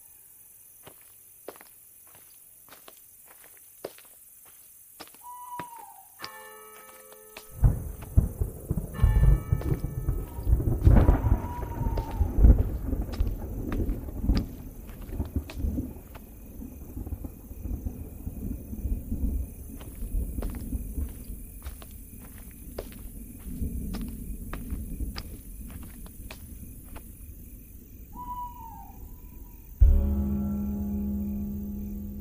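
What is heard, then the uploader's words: An eerie dark-village ambience: quiet clicks and a few rising-falling chirps at first, then from about 7 seconds a heavy low rumble rolls in and stays. Scattered sharp taps keep sounding throughout, and a harsher low buzz swells near 30 seconds. Lost in the dark village Asmr ambience.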